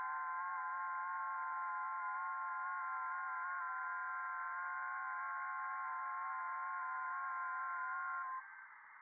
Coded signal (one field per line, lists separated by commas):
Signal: FT8